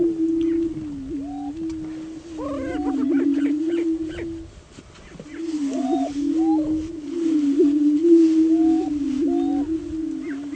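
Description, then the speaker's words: Greater prairie chicken booming: deep, resonant moaning hoots in long drawn phrases that pause briefly midway, mixed with scattered higher cackling whoops. Booming call of a single male; the source contrasts it with a whole lek booming together. "What we're going to listen to now is the sound of a booming prairie chicken."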